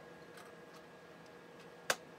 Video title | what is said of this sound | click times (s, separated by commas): The Journey to a Maxed Out Compaq LTE 5000 part 1 | we go it clicked in we | 1.9 s